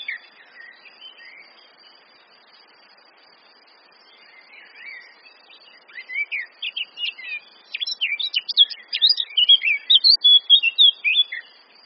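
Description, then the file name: Eurasian blackcap song: soft, scattered notes at first, building into a loud, quick warble of varied notes over the last six seconds. "Sylvia atricapilla"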